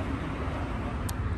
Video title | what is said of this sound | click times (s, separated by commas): Pcx160 กดรีโมทได้ แต่เปิดสวิทไม่ได้ เกิดจากอะไร ลองแก้ตามได้คับ | มันดังแป๊กนะครับพอดังแป๊กผมก็เลยลองมาเปิดกุญแจดูเปิดสวิตช์ดูนะครับเ | 1.1 s